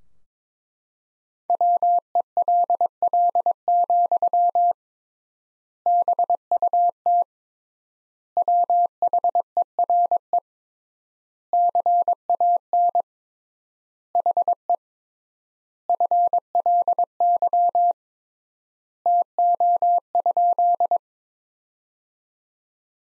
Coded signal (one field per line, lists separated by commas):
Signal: Morse code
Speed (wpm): 22 wpm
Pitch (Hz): 700 Hz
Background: none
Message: WELL, BUT WHERE CAN HE FLY TO?